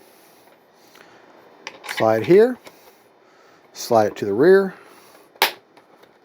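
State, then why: Seated. A landing gear strut is slid to the rear in its mount in the foam fuselage of an Arrows 64mm Marlin RC jet while someone talks. At 5.4 s it snaps home with a single sharp pop, seating the strut in place.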